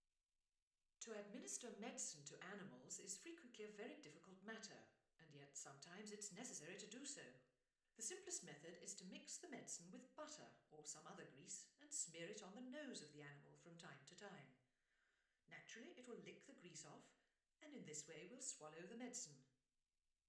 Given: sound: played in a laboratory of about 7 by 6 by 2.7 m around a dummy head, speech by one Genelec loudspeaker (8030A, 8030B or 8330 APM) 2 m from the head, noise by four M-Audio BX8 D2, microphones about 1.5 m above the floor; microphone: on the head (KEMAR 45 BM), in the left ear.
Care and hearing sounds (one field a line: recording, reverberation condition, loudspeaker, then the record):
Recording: female speech in English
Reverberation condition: medium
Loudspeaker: 90 degrees to the left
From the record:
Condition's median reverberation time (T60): about 510 ms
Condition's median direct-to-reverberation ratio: about -0.5 dB